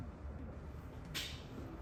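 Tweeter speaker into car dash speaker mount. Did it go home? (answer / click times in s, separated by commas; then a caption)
no / none. A 3.5 inch tweeter is lined up by its grooves and pressed into the dash speaker opening of a 2025 Toyota Camry. Low, steady background rumble is heard, with a brief brighter rustling burst near 1.1 s. Nothing has seated or clicked into the mount yet.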